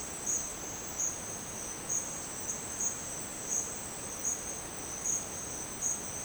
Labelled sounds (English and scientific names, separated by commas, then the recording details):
none
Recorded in dense forest near Puerto Asís, Putumayo, Colombia, on 27 June 2025 at 11:30
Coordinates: 0.484, -76.317
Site G045